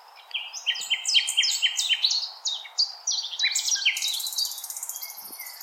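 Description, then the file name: Common nightingale song: layered rapid sequences of stepped, slurred notes followed by a dense high buzzing trill. Recorded 16 April 2021. "Nightingale-210416"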